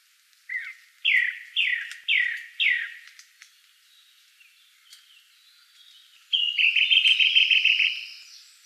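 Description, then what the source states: Song thrush singing: a loud, downslurred note repeated several times, a pause, then a fast, rich trilling phrase. Recorded 12 June 2013.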